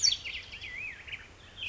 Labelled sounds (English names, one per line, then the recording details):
Black-headed Grosbeak
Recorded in Sonoma County, California